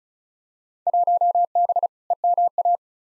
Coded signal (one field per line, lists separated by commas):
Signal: Morse code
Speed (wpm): 34 wpm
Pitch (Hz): 700 Hz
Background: none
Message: 1B EMA